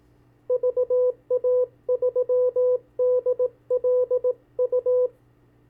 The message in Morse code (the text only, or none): VA3DLU